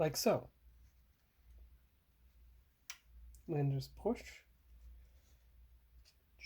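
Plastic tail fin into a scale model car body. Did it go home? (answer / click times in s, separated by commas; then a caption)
no / none. Someone talks while pushing a plastic tail fin onto the body of a scale model ECTO-1 car, with a couple of brief, faint ticks in between. The fin does not snap in, and nothing has seated or clicked yet.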